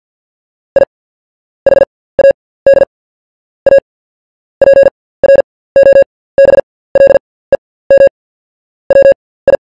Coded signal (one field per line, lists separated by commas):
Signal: Morse code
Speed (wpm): 48 wpm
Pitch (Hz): 550 Hz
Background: none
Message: I HAD A PROBLEM WI